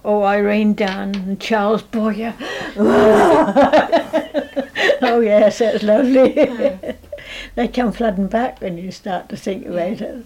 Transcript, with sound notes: Oh, Irene Dunne. And Charles Boyer! Waaa! [laughs] Oh yes. That was lovely! [laughs]
Ah.
All comes flooding back when you start to think about it.